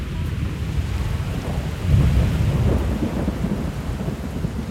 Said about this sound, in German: Das Wetter am Donnerstag ist mindestens ein Gewitter. Ich meine, es könnte auch windig sein oder ein bisschen regnen, aber das wäre nicht genug für diesen Donnerstag, 19 Uhr.